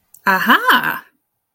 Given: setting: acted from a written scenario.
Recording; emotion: vocal sound without words; realization